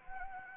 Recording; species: mosquito wingbeat signal from an infrared sensor; Anopheles gambiae